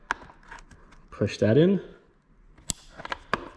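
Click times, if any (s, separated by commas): 2.7 s, 3.3 s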